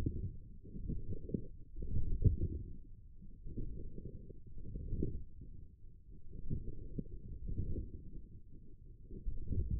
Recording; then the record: forearm muscle sounds (acoustic myography)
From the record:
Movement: forearm pronation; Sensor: system 1, eight BSWA MPA416 microphones around the upper forearm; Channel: 7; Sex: male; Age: 28 years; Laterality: right